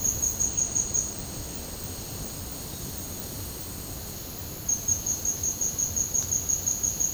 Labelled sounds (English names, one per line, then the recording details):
none
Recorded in dense forest near Puerto Asís, Putumayo, Colombia, on 18 February 2024 at 15:00
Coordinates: 0.503, -76.322
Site G6418